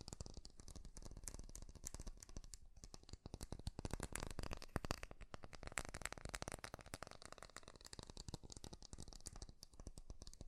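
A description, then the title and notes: Fast tapping runs nonstop as dense, crisp clicks, bright and crackling, with brief slowdowns near three and five seconds before resuming. ASMR 3D Fast Tapping.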